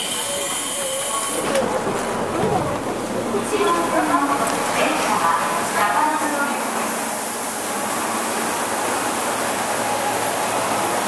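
Running sound of a Tobu 20000 series train, a steady dense roar and hiss with a faint low rumble underneath. Around two to six seconds, tonal whines and brief voice-like sounds rise over the noise, then it settles back to an even rushing.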